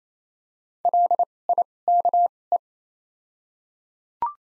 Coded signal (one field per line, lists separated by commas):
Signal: Morse code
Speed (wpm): 28 wpm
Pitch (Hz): 700 Hz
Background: none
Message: LIKE